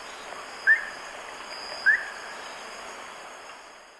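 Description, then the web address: Short-tailed nighthawk giving two short, sharp rising notes about a second apart, over steady high insect buzzing and a faint background hiss. Recorded in Ecuador. "Birds of Ecuador. Short-tailed Nighthawk"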